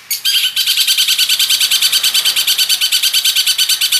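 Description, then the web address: Long-tailed shrike song as a fast rattling series of high buzzy notes, steady throughout. Full song with imitations, described as gacor (in full, lively song). "cendet suara-cendet-gacor-full-isian"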